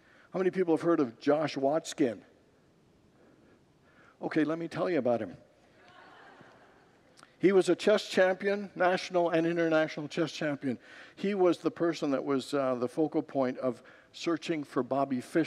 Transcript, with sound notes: How many people have heard of Josh Waitzkin? Okay, let me tell you about him. [Congregants laugh] He was a chess champion — national and international chess champion. He was the person that was the focal point of “Searching for Bobby Fischer.”